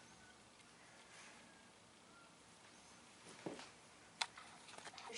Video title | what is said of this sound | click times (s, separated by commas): Jaden's I3 8350K PC Build DVD | It should just click down. See? | 4.2 s